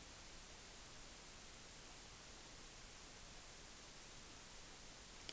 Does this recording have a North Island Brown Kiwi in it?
no